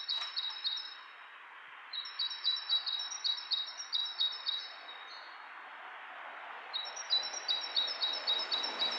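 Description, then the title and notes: Bird calls: rapid strings of high, sharp chirps in three runs over a steady hiss of background noise. Two birds interacting; lo-fi recording. "bird dialogs. lo-fi recording of two birds interacting"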